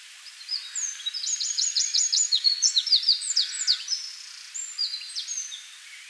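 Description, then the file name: Eurasian wren singing a hurried, high series of shrill notes with a rattling trill in the middle, tailing off into scattered chirps. "Troglodytes troglodytes"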